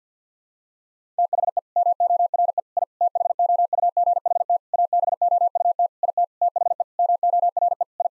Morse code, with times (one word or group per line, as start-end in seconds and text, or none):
1.2-1.6 THE
1.8-2.6 MORE
2.8-2.8 I
3.0-4.6 THOUGHT
4.7-5.9 ABOUT
6.0-6.2 IT
6.4-6.8 THE
7.0-7.8 MORE
8.0-8.1 I